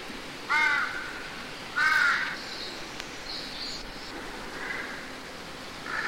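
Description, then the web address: Crow cawing: two loud, harsh caws just over a second apart, each with stacked tones, then softer calls and some higher sounds. Recorded in woods, with leaves. "The Ridges Sanctuary. crows"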